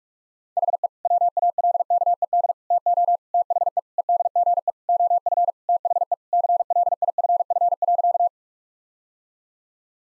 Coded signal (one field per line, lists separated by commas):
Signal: Morse code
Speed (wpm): 46 wpm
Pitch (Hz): 700 Hz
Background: none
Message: HE WALKED TO THE EDGE OF THE CLIFF.